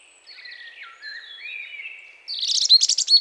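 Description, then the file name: European robin song: drawn-out thin whistles slide up and down, then a loud rapid sparkling trill bursts out at the end. "Erithacus rubecula"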